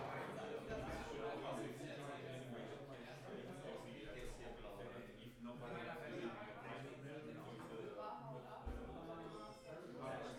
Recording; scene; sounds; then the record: everyday scene through a hearing-aid microphone; many people talking; many voices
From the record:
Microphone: behind the ear, right, rear